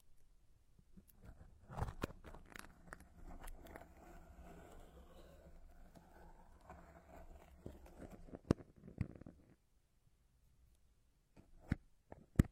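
Plants rub in circles around the ears with soft rustling and crackling, busiest until nine seconds, then a near-silent pause and sharp crunchy clicks.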